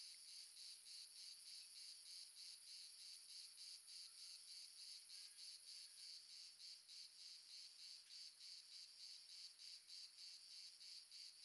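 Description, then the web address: Crickets chirping: steady, rapid high pulsed trilling, several insects overlapping in an even continuous chorus. Several crickets, south of France. "sonniss gdc audio. amb crickets multiple south france"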